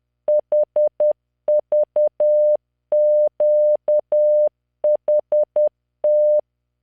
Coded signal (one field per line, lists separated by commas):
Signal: Morse code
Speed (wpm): 10 wpm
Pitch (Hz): 600 Hz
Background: none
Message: HVQHT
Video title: tamanのモールス練習動画94（モールス信号 速度10WPM morse code)